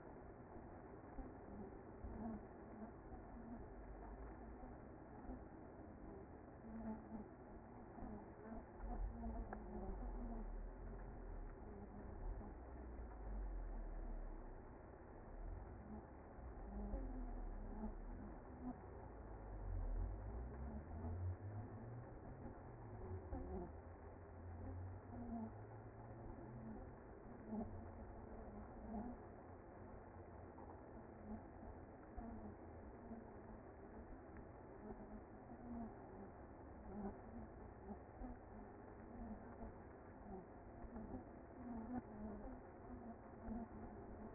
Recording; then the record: honeybee colony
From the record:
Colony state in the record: active